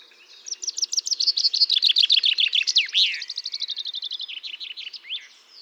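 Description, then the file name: Common chaffinch song: a rapid trill of sharp notes tumbling downward and ending in a bright flourish, followed by a second, softer trill. "Fringilla coelebs"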